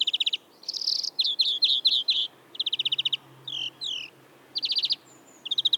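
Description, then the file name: European greenfinch song: loud rapid trills mixed with buzzy and slurred twittering notes, phrases changing quickly with short pauses. "Chloris chloris"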